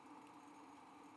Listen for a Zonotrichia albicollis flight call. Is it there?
no